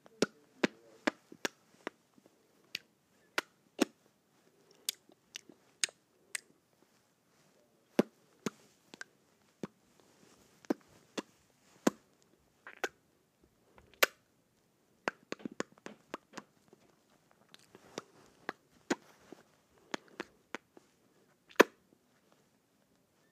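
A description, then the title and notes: Lips smack together in sharp, irregular wet clicks, sometimes in quick clusters, with brief quiet gaps and soft breathy murmurs between them. ASMR Smacking my Lips Together.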